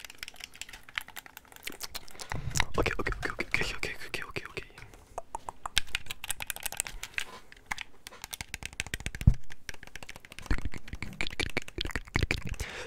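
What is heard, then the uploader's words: Clicking and tapping of controller buttons runs throughout, with rapid, dense bursts around 2 to 4 seconds, again near 8 seconds, and after 10 seconds. One sharp, louder click stands out just past 9 seconds. A faint low hum sits underneath early on. ASMR Controller Sounds.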